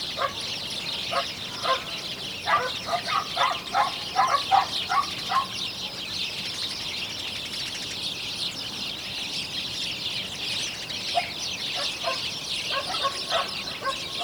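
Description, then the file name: House sparrow calls: quick runs of short chirps in irregular clusters, a pause, then another cluster, against constant high-pitched background hiss. "Passer domesticus"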